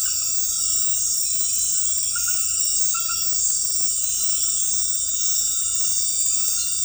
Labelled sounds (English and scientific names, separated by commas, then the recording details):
none
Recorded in dense forest near Puerto Asís, Putumayo, Colombia, on 20 February 2024 at 00:30
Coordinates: 0.484, -76.317
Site G6464